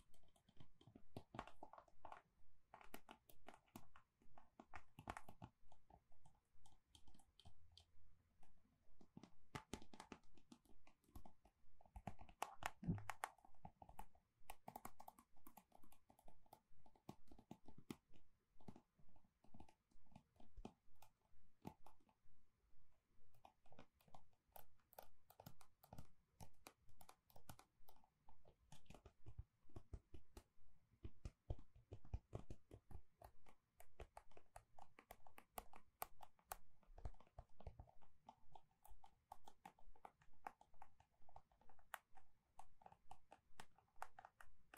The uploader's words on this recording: ASMR Gentle Tapping to Help You Sleep (No Talking).